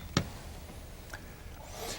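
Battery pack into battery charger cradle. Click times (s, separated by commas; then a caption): 0.2 s. A drained battery pack is slid down onto a wall-mounted battery charger cradle and pushed away until it seats, giving one loud, sharp click at 0.2 s. A much fainter tick follows at about 1.1 s, and there is no talk. The battery is seated in the charger.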